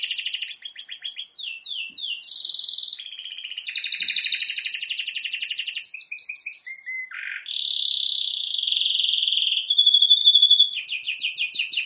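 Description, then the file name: Canary song: an unbroken medley of rolling trills, quick downward sweeps, buzzy rolls and a clear whistle, changing pattern every second or two. "Canary Voice"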